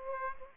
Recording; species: mosquito wingbeat signal from an infrared sensor; Aedes aegypti